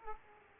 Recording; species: mosquito wingbeat signal from an infrared sensor; Aedes aegypti